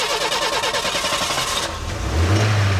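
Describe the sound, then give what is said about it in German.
A small van's engine cranks with a rapid, rhythmic churning, then catches and settles into a steady low rumble that grows slightly louder as it pulls away. No one speaks. “Wir stiegen in seinen kleinen Transporter.”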